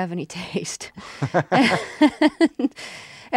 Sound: laughs

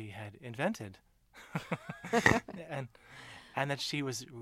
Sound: soundbite of laughter

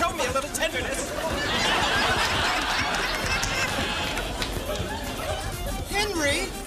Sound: laughter

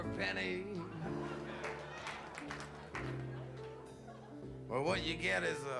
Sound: soundbite of laughter, applause

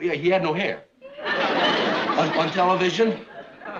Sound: laughter

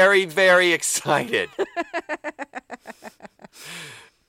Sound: soundbite of laughter

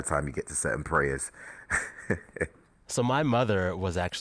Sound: laughter

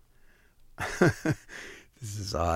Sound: soundbite of laughter

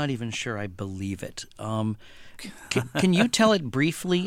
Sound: soundbite of laughter

